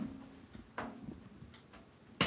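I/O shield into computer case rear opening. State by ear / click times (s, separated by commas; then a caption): not seated / none. A metal I/O shield is pressed and handled against the rear cutout of a computer case, with faint low rustling and two sharp metallic knocks at about 0.8 s and 2.2 s, the second much louder. The shield has not snapped home or clicked into place yet.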